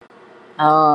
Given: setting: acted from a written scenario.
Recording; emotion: vocal sound without words; realization